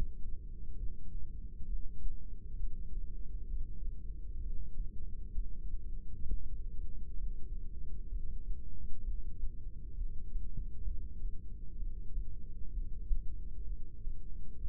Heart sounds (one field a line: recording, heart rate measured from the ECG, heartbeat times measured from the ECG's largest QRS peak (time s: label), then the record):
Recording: heart sounds by microphone in the right ear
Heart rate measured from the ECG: 65 bpm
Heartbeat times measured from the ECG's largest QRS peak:
0.78 s: heartbeat
1.67 s: heartbeat
2.58 s: heartbeat
3.49 s: heartbeat
4.40 s: heartbeat
5.34 s: heartbeat
6.27 s: heartbeat
7.19 s: heartbeat
8.11 s: heartbeat
9.04 s: heartbeat
9.96 s: heartbeat
10.86 s: heartbeat
11.77 s: heartbeat
12.72 s: heartbeat
13.67 s: heartbeat
14.60 s: heartbeat
From the record:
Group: heart failure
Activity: rest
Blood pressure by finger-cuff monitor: 128/89 mmHg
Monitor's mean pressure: 103 mmHg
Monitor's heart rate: 66 bpm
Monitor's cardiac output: 6.1 L/min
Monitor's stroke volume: 92 mL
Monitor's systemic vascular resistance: 1260 dyn s/cm5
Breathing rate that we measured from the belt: 17 breaths a minute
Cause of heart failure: idiopathic cardiomyopathy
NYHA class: 1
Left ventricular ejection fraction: 50%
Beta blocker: bisoprolol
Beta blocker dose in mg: 5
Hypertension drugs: candesartan, spironolactone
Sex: male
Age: 54 years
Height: 180 cm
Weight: 94.6 kg